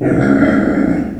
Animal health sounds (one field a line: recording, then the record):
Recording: squeal of a Yucatan mini pig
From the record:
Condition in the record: after surgery on the right vocal fold (resection and tissue-engineered implant)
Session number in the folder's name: 3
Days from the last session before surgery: 21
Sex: female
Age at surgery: 19 weeks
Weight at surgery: 25 kg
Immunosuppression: prednisolone